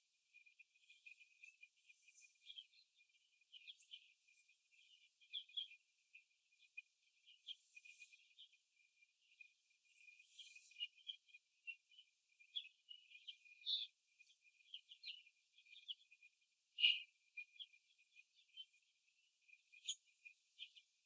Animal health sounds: young laying hens in a cage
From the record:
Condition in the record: after the stressor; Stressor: simulated dog barking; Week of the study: 2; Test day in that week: 2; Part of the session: 3

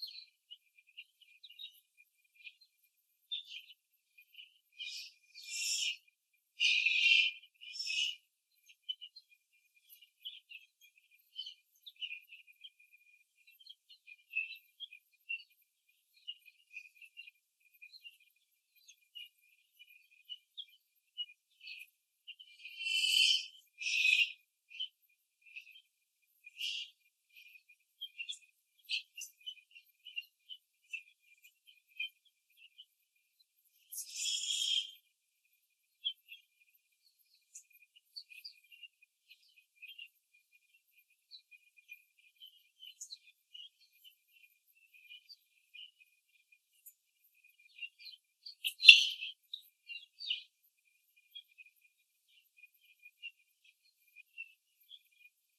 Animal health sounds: young laying hens in a cage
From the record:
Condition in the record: after the stressor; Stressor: simulated dog barking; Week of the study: 3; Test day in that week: 1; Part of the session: 1

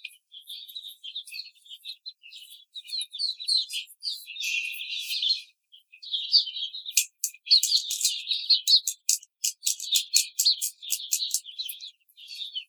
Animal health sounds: young laying hens in a cage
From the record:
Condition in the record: treatment cage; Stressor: simulated dog barking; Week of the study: 5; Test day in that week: 1

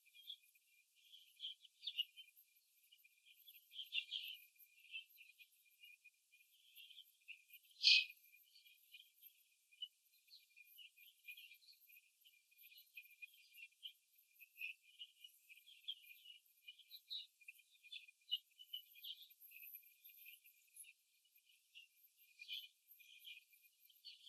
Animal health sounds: young laying hens in a cage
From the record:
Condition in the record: before the stressor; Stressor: simulated dog barking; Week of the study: 2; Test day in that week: 3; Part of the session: 3

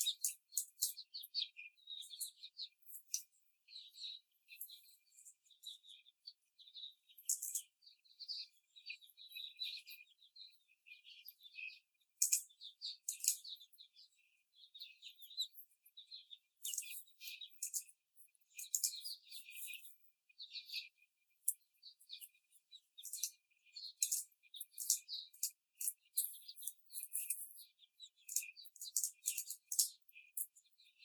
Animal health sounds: young laying hens in a cage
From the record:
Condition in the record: before the stressor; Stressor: simulated dog barking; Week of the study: 4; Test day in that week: 2

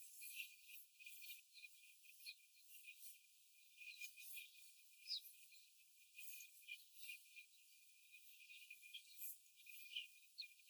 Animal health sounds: young laying hens in a cage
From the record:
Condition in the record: before the stressor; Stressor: simulated dog barking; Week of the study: 4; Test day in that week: 1

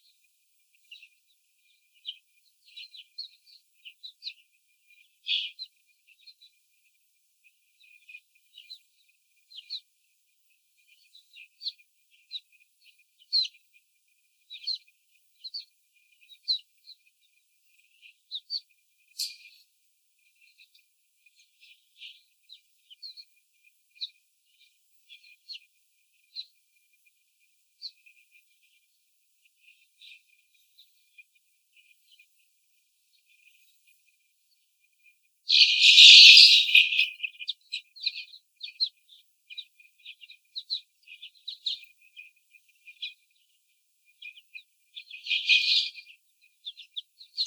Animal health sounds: young laying hens in a cage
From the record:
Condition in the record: before the stressor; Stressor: sudden umbrella opening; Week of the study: 3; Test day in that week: 2

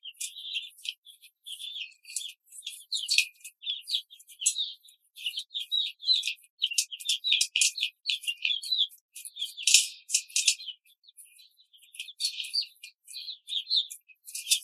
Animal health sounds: young laying hens in a cage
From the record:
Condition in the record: control cage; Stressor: none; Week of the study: 5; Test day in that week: 1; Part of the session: 3

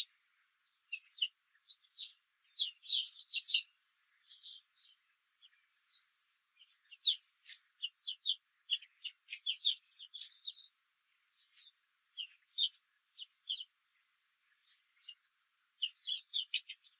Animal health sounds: young laying hens in a cage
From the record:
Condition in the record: control cage, after the stress test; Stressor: none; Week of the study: 4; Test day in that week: 1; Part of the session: 2

